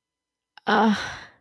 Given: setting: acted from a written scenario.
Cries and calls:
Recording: vocal sound without words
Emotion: guilt

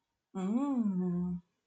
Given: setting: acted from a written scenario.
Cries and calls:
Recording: vocal sound without words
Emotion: desire

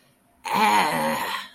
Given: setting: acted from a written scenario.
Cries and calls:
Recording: vocal sound without words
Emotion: fear

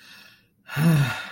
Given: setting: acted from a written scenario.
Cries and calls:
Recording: vocal sound without words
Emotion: disappointment

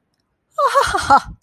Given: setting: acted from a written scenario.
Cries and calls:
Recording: vocal sound without words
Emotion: amusement

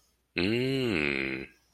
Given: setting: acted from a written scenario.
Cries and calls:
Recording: vocal sound without words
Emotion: romantic love

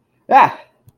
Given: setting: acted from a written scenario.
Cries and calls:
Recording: vocal sound without words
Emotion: fear

